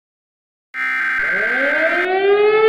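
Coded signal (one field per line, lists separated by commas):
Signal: Emergency Alert System (SAME) tones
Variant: header bursts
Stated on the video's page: Fictional EAS scenario.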